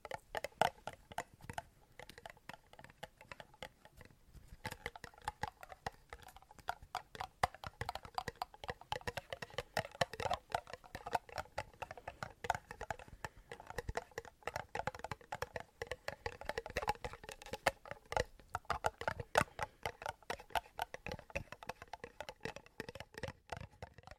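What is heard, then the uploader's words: Intense ASMR tapping: fast, dense clicks and knocks rattle on continuously for the whole stretch, with a faint ringing tone under the taps. ASMR INTENSE TAPPING.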